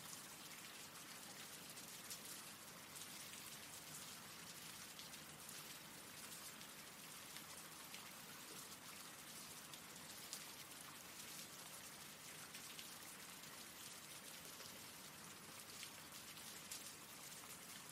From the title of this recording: RAIN SOUNDS